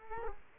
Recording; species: mosquito wingbeat signal from an infrared sensor; Culex quinquefasciatus